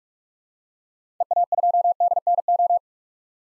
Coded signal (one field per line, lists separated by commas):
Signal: Morse code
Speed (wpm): 43 wpm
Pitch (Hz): 700 Hz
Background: none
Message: EA2DNO